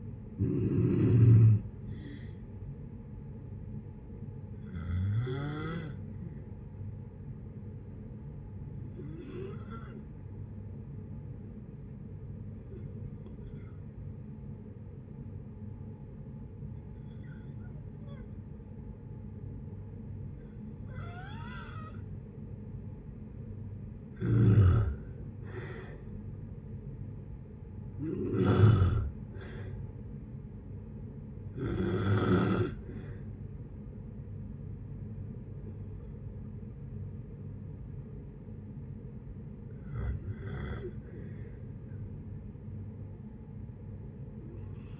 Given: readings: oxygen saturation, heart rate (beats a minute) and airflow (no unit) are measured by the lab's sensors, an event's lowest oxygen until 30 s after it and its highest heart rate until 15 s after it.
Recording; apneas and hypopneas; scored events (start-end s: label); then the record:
breathing in sleep by a smartphone at the bedside; 1
3.00-24.30 s: hypopnea (N2, oxygen 95% highest, then 87% lowest, heart rate 71 at the start, 71 highest)
From the record:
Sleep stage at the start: N2 (light sleep); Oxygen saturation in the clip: 86 to 95%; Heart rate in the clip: 60 to 71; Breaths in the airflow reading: 8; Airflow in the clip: -7.7 to 7.4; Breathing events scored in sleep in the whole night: 496 in 5.4 hours asleep